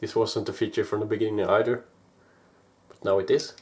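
A gramophone tone arm, the horn and sound box assembly, is lifted toward its rest catch when changing the record. Someone talks through most of the clip, with a brief faint tick near 2.9 s during a quiet pause before the talk resumes. Nothing has seated or clicked into place yet.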